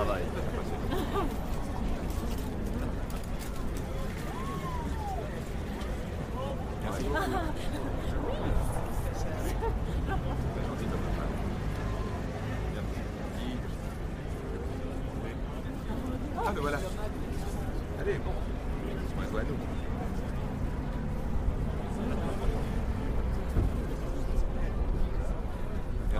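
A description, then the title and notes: Late-night Parisian cafe atmosphere with a steady murmur of many people talking, voices overlapping into a constant babble. Louder individual voices rise out of the crowd now and then, with brief clinks and knocks scattered throughout, and a low rumble underneath. Parisian Cafe Ambiance. Atmosphere of a Parisian cafe on a late night drinking a warm cup of coffee people talking.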